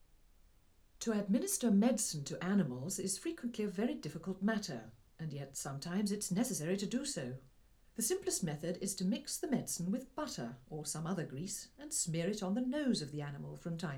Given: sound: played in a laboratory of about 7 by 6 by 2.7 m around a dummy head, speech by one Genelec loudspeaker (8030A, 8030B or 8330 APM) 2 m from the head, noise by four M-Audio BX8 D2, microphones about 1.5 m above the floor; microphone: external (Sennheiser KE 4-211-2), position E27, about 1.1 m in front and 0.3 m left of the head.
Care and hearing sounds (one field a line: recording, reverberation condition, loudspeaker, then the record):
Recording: female speech in English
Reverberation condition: low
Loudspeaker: 30 degrees to the right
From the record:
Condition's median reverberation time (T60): about 310 ms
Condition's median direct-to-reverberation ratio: about 3.5 dB